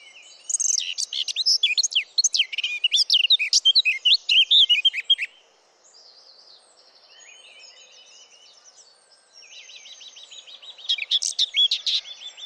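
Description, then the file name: Eurasian blackcap warbling song: a long, lively run of fluty and scratchy notes, then a quiet pause with faint trilled notes, ending in a fresh burst of warbling. "Sylvia atricapilla"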